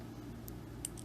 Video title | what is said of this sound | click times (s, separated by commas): Billow 2 & Goliath 1 | just move it until it see sits up high here snaps into place you're done | 0.9 s